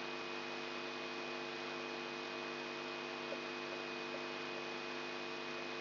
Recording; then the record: brain microelectrode recording played as sound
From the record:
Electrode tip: inside the subthalamic nucleus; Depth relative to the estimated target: -1 mm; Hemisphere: right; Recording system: AlphaMap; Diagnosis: Parkinson's disease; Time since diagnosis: 14 years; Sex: female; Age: 63 years